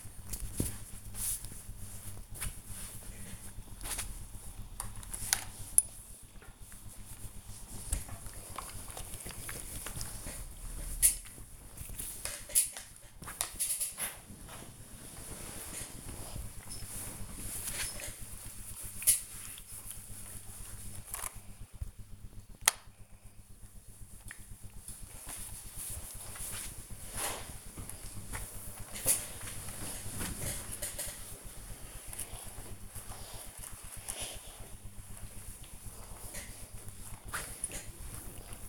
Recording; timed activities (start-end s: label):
household activities, microphone on the right wrist
5.07-38.69 s: ironing laundry